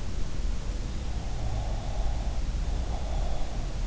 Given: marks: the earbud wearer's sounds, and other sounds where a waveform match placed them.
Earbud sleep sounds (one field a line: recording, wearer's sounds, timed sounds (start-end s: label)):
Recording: sounds in sleep by an in-ear microphone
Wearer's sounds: breath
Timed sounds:
1.35-3.66 s: breath